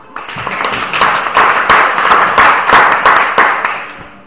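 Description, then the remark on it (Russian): A group of children claps together for several seconds after finishing an exercise, a dense steady patter of many hands with a few sharper individual claps standing out, fading off at the end. “Глазки открываем и аплодисменты.”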